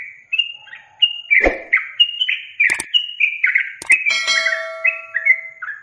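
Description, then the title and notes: Yellow-vented bulbul pours out a fast run of slurred notes, interrupted by sharp clicks and a brief steady ringing tone. Master recording for training captive birds; song in the tembakan and ropel styles. "MASTERAN Trucukan Tembakan Dan Ropel. BURUNG TRUCUKAN"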